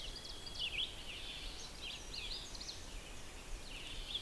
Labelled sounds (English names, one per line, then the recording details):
Red-eyed Vireo song
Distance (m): 35 m
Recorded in boreal forest in Alberta, Canada, on 6 June 2016 at 06:20
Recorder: SongMeter 3, array SBT-3-51
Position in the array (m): 59 m, 111 m